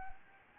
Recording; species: mosquito wingbeat signal from an infrared sensor; Anopheles gambiae